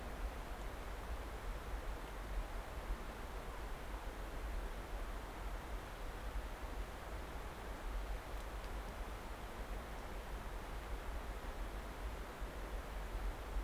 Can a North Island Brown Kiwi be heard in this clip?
no